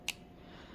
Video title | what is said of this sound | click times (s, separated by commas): How To Attach A Joy Con Wrist Strap | so all you do is while holding on to the joy-con strap with one hand you just gently press down on the gray switch until we hear it click | 0.1 s